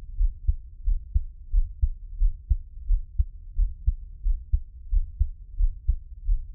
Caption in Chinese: 台灣ASMR | 獻上我的心跳 | Give my Heartbeat | NO Talking。